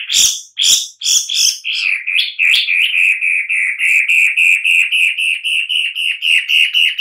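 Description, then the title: Long-tailed shrike giving a few sharp clicks, then a long, steady run of rapid, harsh nasal notes, about three to four per second. "Lanius Schach"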